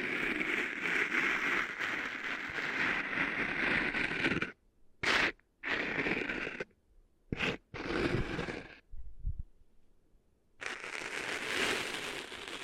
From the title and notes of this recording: ASMR Cleaning Sand Out of Your Ears (No Talking).